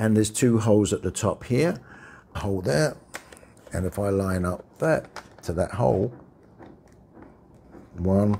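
Someone talks while lining up a plastic KIWI facial interface bracket with the holes on an Oculus 2 VR headset body, with faint handling ticks near 6.6 to 7.2 s. The bracket clip has not seated or clicked yet.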